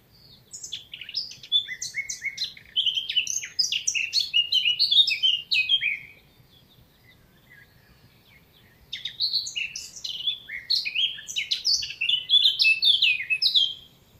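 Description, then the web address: Eurasian blackcap song: two fast, varied warbling phrases of chirps and whistles, each about five to six seconds long, separated by a pause of about three seconds. "chants fauvette tete noire"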